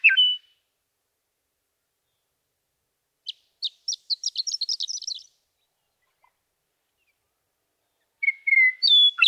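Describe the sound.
Western meadowlark singing, a whistled phrase, then a rapid chattering run of sharp high notes, and finally clear whistled notes; no other sounds.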